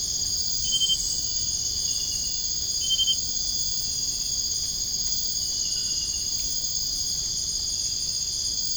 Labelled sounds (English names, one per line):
none